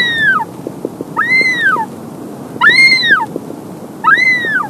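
Wandering albatross with repeated harmonic wailing calls, each an up-and-down arch lasting about half a second, alongside a steady scatter of quiet ticks.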